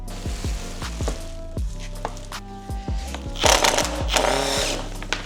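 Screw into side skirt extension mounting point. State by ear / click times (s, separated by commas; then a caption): stripped / none. A screw is driven again with a tool into the side skirt extension mounting point on an Evo 8, over steady background music with short sharp ticks near 2.1, 3.5, 3.7 and 5.1 seconds and a brief rough whirring burst from about 3.4 to 4.6 seconds. Nothing seats or clicks, and the same side skirt screw strips further, ending up very stripped out.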